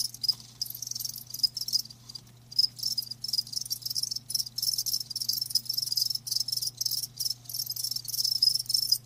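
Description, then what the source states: Cricket chorus with dense, high chirps in rapid pulsed bursts with brief gaps, over a faint low hum. Live crickets chirping with a lulling song.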